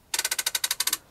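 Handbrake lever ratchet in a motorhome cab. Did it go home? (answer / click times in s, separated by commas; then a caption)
yes / 0.5 s, 0.6 s, 0.8 s, 0.9 s. A motorhome cab handbrake lever is pulled up without pressing its release button, and its metal ratchet gives a quick run of about a dozen sharp, bright clicks. Clicks land at 0.5, 0.6, 0.6, 0.8, 0.9 and 0.9 seconds as the ratchet locks on, leaving the handbrake fully on.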